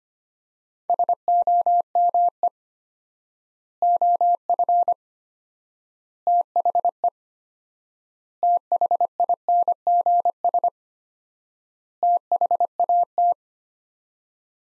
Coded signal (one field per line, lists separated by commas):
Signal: Morse code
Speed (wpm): 25 wpm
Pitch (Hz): 700 Hz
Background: none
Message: SOME OF THE THINGS THAT